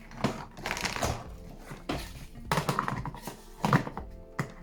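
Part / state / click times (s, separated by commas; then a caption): transport wheels onto steam cleaner housing / not seated / none. Plastic transport wheels are handled against the housing of a Kärcher KST 2 steam cleaner, ready to be pushed on until they lock. Short plastic knocks and rattles stand out at about 0.7, 2.8 and 3.7 seconds over a faint musical background. Nothing has clicked or seated yet.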